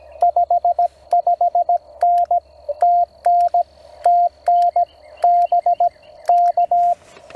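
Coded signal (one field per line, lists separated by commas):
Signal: Morse code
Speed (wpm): 17 wpm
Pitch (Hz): 700 Hz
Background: radio noise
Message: 55N TN TN BK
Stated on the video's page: CW park activation contacts made during the 2024 eclipse.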